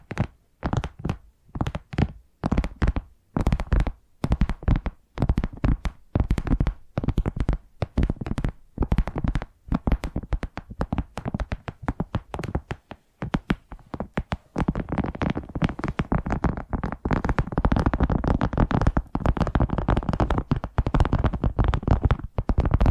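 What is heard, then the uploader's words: Tapping triggers in quick bursts, sparse and rhythmic at first, then growing denser and nearly continuous after about fifteen seconds. ASMR 10 Addictive Tapping Triggers. (No Talking).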